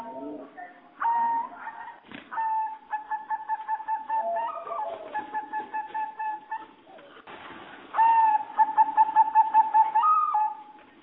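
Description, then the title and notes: Bird song in repeated bursts of fast, pulsed notes held on a steady mid pitch, with brief higher notes between phrases. "Bird Sound. Kicau Burung Lengkap"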